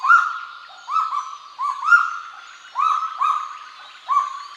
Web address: sound Kagu. صدای-پرنده-کاگو